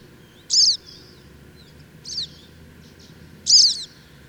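Bird song in three short bursts of high, squeaky chirping notes, spaced about a second and a half apart, over a low steady rumble.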